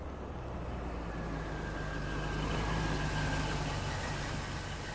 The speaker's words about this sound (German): Der Wagen war kaum zum Stehen gekommen